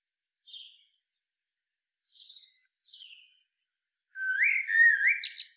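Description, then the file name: Eurasian blackbird: several faint, thin, high descending notes, then a louder mellow fluted phrase that rises and ends in a squeaky flourish. "Turdus merula"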